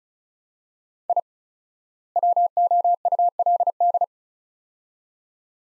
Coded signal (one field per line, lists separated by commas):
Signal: Morse code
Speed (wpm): 36 wpm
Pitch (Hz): 700 Hz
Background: none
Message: I WOULD